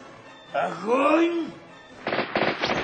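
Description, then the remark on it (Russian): A voice shouts with a rising and falling tone, then a quick burst of four or five loud, sharp cracks of gunfire rattles out in rapid succession, in a partisan battle scene against fascists. “Давай так, я стреляю! А ты гранатой!”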